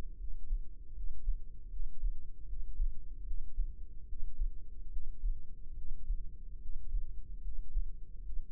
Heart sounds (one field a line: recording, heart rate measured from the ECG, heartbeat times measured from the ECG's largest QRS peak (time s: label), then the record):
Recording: heart sounds by microphone in the left ear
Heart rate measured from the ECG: 74 bpm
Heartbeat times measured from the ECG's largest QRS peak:
0.16 s: heartbeat
0.92 s: heartbeat
1.69 s: heartbeat
2.45 s: heartbeat
3.23 s: heartbeat
4.05 s: heartbeat
4.89 s: heartbeat
5.74 s: heartbeat
6.58 s: heartbeat
7.40 s: heartbeat
8.22 s: heartbeat
From the record:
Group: healthy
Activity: Valsalva maneuver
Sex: female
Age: 32 years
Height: 172 cm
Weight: 71.7 kg